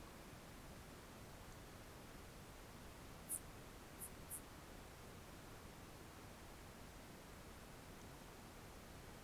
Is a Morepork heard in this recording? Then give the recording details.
no. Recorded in New Zealand on 1 June 2017. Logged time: 19:46. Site Taranaki